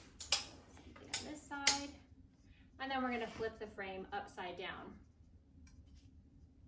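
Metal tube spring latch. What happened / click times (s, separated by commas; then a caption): The folding frame's spring releases snapped into the locked position / 0.3 s, 1.1 s. A folded metal-tubing walker frame is pulled open by its arms until the spring push-button releases on each side click into the locked position, giving sharp clicks at 0.3 s and 1.1 s, with another sharp metallic snap near 1.7 s. Someone then talks briefly, and the frame hinges end up seated and locked open.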